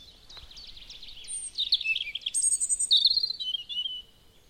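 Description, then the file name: European robin singing: soft rapid trilling leads into louder, sweet, tinkling notes that jump sharply between high and lower pitches, with faint background hiss. "Erithacus rubecula"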